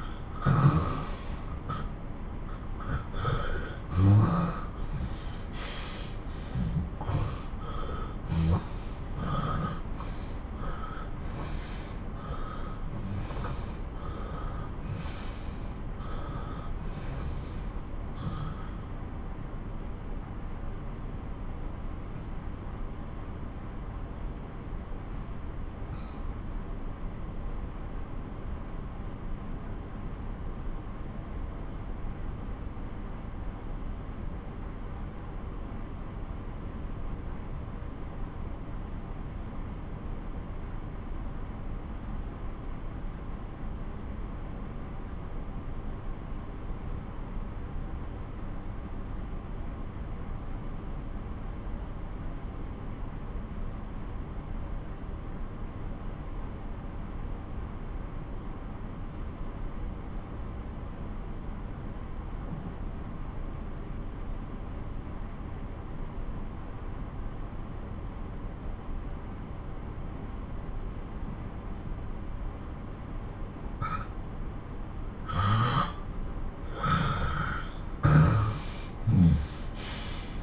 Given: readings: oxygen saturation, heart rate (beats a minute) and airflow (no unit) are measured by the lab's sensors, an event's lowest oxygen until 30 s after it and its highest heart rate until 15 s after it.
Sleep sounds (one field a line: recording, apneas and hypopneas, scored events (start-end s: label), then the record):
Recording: breathing in sleep by a smartphone at the bedside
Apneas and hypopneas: 1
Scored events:
13.00-72.00 s: obstructive apnea (N2, oxygen 97% highest, then 85% lowest)
68.00-80.43 s: new sleep stage, N1 (lightest sleep)
From the record:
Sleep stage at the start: N2 (light sleep)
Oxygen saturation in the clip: 86 to 97%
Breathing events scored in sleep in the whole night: 217 in 6.3 hours asleep